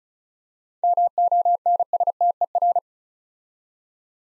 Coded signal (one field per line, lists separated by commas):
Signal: Morse code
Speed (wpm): 36 wpm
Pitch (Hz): 700 Hz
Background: none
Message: MONSTER